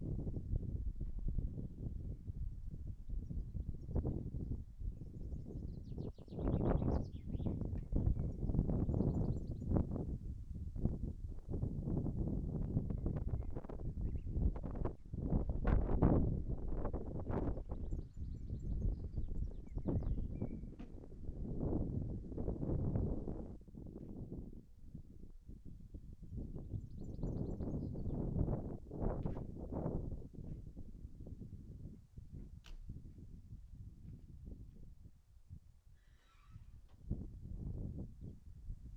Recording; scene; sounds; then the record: everyday scene through a hearing-aid microphone; wind on the microphone; wind, other noises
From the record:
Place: in front of a rural house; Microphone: behind the ear, right, front